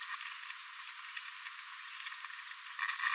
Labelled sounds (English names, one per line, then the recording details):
Green-rumped Parrotlet babbling
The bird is a male
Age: 24 days
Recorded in a nest box in Venezuela
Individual 17B42A3